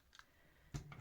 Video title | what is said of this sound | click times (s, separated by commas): Grungy Lapbook Build: Part 1 #IndustrialGrunge | and it just sort of Clips in | 0.9 s